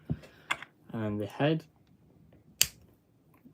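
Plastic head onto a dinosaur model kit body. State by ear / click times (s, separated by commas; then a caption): seated / 2.6 s. A plastic head is pushed onto the neck joint of a Blokees Jurassic World dinosaur model kit body while someone talks. It snaps into place with a sharp, loud click at 2.6 seconds, and the head is seated.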